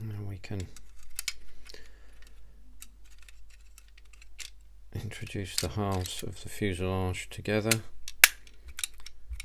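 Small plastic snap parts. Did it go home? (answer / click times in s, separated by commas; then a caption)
yes / 8.2 s. Someone talks while the two plastic fuselage halves of a 1/32 scale Kotare Supermarine Spitfire Mk1a (mid) model are pressed together, with light ticks and clicks along the way. A sharp, loud click at 8.2 s marks the halves snapping into place and seating, followed by a few softer clicks.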